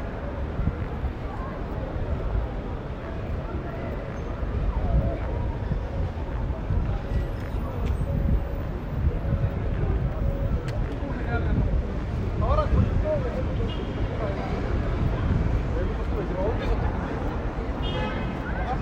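Street sound in Pigalle: a steady low rumble of traffic under dense overlapping voices, with brief sharper sounds near thirteen seconds.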